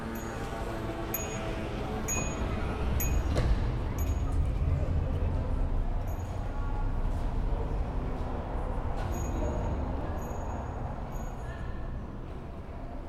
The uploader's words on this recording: Alle Klänge sind von Peter Cusack in Linz 2012 aufgenommen worden. All sounds by Peter Cusack - field recordings recorded in Linz in 2012.